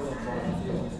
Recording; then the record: background sound without coughing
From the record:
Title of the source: 60 minutes of coffee shop sounds for study and concentration